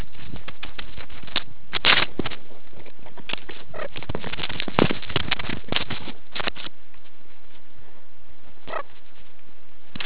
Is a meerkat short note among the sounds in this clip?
no